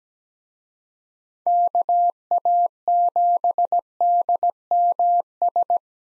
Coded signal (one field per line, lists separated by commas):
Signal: Morse code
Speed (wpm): 17 wpm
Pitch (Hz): 700 Hz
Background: none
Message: KA7DMS